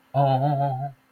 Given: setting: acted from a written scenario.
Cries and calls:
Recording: vocal sound without words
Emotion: serenity

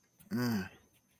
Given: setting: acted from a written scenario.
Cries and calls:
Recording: vocal sound without words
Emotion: romantic love

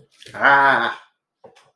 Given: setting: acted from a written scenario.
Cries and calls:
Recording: vocal sound without words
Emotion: fear

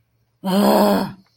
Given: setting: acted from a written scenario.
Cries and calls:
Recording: vocal sound without words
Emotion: anger

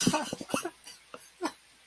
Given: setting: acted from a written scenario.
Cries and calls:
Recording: vocal sound without words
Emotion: sadness

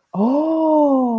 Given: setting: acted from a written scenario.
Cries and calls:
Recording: vocal sound without words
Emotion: positive surprise

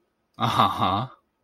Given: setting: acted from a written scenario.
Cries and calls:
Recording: vocal sound without words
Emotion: adoration

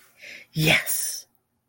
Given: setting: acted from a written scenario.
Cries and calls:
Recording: vocal sound without words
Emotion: relief

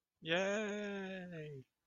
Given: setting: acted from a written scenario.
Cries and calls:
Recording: vocal sound without words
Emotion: triumph

